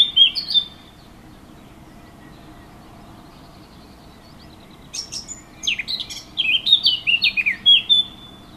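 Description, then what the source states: Warbler song: a brief warbled fragment at the start, several seconds of near silence, then a longer scratchy, twittering phrase of rapid varied notes. Recorded 15 June 2014 with an MZ-N710 recorder.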